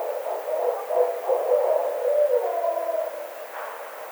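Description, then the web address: Barred owl in a burst of fast, wavering low hoots and gurgling cackles, steady and loud, easing off near the finish. Recorded 9 April 2009. "Barred Owl 2009 04 09"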